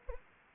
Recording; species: mosquito wingbeat signal from an infrared sensor; Anopheles arabiensis